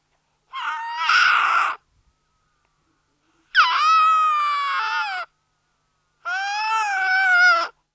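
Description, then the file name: Young seal uttering three strained, bleating wails, each over a second long, the later ones rising at the start then holding steady, with silent gaps between. Young seal, recorded close; a grumble. "Digiffects Sound Effects Library - Close Young Seal Grumble"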